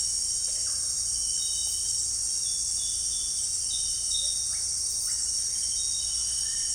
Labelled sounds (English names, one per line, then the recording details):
none
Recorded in dense forest near Puerto Asís, Putumayo, Colombia, on 18 December 2024 at 18:00
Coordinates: 0.484, -76.325
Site G056